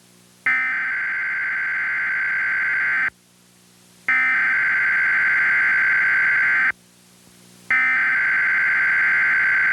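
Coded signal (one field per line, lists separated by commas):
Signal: Emergency Alert System (SAME) tones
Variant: header bursts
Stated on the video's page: Mock alert for fictional nuclear terrorism, not a real activation.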